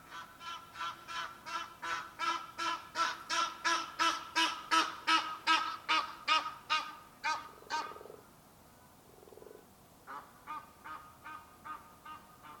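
Egyptian goose honking: a fast, steady series of harsh, nasal honks about three per second that builds in strength, stops briefly, then resumes more softly.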